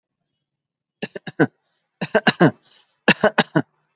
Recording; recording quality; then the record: shallow voluntary cough; excellent, no background noise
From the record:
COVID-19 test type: RT-PCR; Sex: male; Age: 31 years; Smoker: no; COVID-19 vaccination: both doses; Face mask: worn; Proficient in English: yes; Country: India